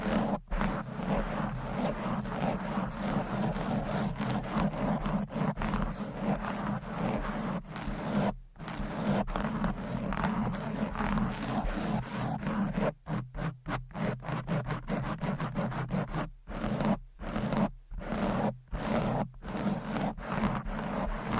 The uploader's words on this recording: ASMR Fast & Aggressive Mic Scratching with 15 DIFFERENT MICS Covers & Nails No Talking.